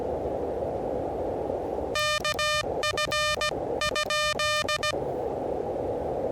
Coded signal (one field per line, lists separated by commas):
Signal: Morse code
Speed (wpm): 17 wpm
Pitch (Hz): 1210 Hz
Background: radio noise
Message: KF?